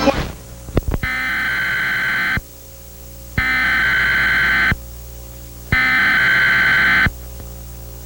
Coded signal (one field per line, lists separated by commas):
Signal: Emergency Alert System (SAME) tones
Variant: header bursts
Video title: Random EAS Scenario stuff (Abandoned)